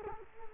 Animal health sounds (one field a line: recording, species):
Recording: mosquito wingbeat signal from an infrared sensor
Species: Culex quinquefasciatus